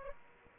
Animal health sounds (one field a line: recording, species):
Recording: mosquito wingbeat signal from an infrared sensor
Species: Aedes aegypti